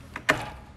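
A miter table on a Dewalt 12in DWS779 sliding miter saw is rotated to its next preset stop. A faint tick at 0.2 s comes first, then a loud, bright click at 0.3 s with a short ringing tail as the detent plunger drops into the 15 degree stop notch. The table is confirmed locked in at 15 degrees.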